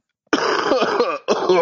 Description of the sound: That sounds awful. Yeah, it is awful. A cough is worth a thousand words.